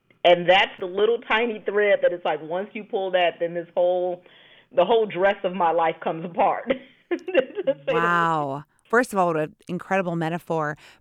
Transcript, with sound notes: And that’s the little tiny thread that it’s like, once you pull that then this whole, the whole dress of my life comes apart [chuckles]
Wow, first of all, what an incredible metaphor.